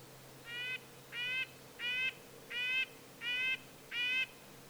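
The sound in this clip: Red-breasted nuthatch giving six even, nasal, tinny horn-like toots spaced roughly every 0.7 seconds.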